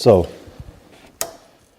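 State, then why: Seated. A new oil-lubricated variable valve timing control solenoid for a Trailblazer 4.2L is pushed by hand into its bore in the engine front cover. Someone talks briefly at the start, then a single sharp hit at 1.2 s marks the solenoid popping into place, seated.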